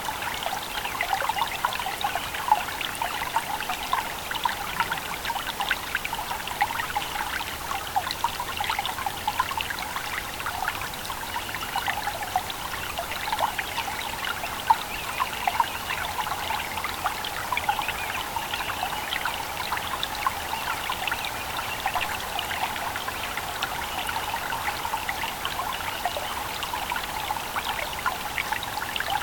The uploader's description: gentle stream sound with some birds chirping in the background